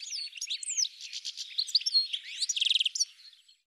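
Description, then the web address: Bird singing a fast, varied sequence of high whistles, slurred notes and chirps, ending in a rapid buzzy trill before fading out. "cianscape birddata"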